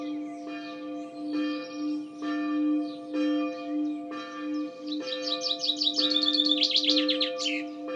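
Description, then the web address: Bird trills rapidly in descending chirps near the end, over a loud droning hum that pulses on and off about every second. "cianscape birddata Deverinetal 2025 Bird Only Fr Co"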